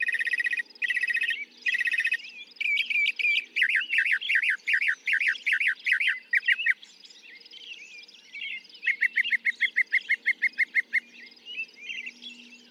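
Northern mockingbird song, a string of varied phrases: harsh buzzy bursts, then a rapid series of slurred notes, a pause and another fast burst of repeated chips.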